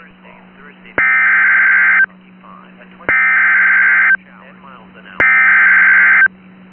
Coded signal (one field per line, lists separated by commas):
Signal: Emergency Alert System (SAME) tones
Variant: header bursts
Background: speech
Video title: Severe T'storm Warning (EAS #427)